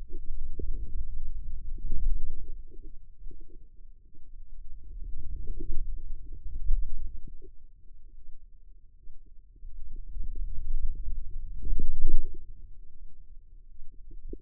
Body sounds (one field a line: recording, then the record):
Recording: forearm muscle sounds (acoustic myography)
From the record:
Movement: wrist extension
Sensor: system 2, bracelet of six BSWA MPA416 microphones around the upper forearm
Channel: 5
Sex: female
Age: 25 years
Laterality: right